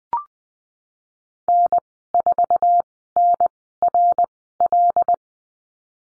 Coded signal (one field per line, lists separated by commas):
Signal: Morse code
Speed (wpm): 20 wpm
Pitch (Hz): 700 Hz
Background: none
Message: N4NRL